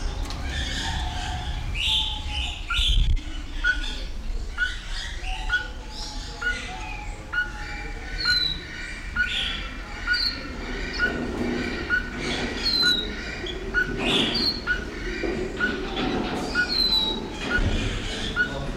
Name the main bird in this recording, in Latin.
Pogoniulus scolopaceus